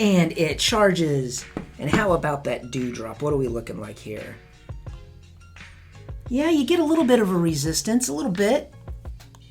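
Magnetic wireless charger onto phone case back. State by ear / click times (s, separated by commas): not seated / none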